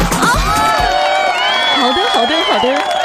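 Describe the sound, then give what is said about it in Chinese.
A loud, steady burst of crowd cheering and whooping, with many voices shouting at once and applause mixed in, holding at full volume for about three seconds. It greets a performer's entrance on a Beijing music radio program. “来响起一片掌声堂。”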